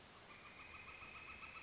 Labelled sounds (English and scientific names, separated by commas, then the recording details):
Northern Flicker (Colaptes auratus)
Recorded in Sonoma County, California